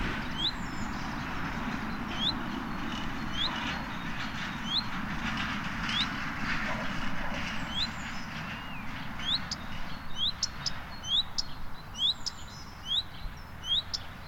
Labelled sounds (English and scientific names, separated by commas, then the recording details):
Common Redstart (Phoenicurus phoenicurus)
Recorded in the wild
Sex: male
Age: adult
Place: Bernau bei Berlin, Barnim, Brandenburg, DE
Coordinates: 52.6615, 13.6405
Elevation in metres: 89
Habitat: orchard
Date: 2018-04-22 19:18
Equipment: Olympus DM 720
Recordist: Frommolt, Karl-Heinz